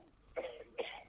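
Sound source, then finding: Man. Cough.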